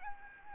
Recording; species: mosquito wingbeat signal from an infrared sensor; Aedes albopictus